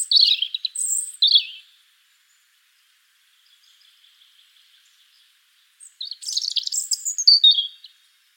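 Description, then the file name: European robin singing short bursts of high warbled notes, a pause with faint thin sounds, then a richer phrase of sliding whistles and trilled twitters. "Erithacus rubecula"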